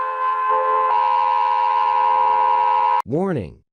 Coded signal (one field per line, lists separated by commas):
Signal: Emergency Alert System (SAME) tones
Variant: 853 and 960 Hz attention tone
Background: speech